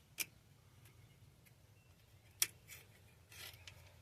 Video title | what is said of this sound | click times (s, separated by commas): Just a random video | Yeah, just snapped in place. | 2.4 s